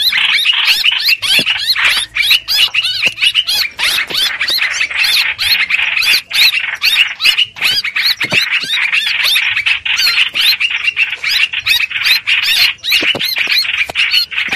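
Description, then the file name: Streak-eared bulbul in a long bout of scratchy, squealing chatter, hurried, with barely any pauses. Distress call, given to call the flock. "Tieng chim trao trao keu cuu goi bay"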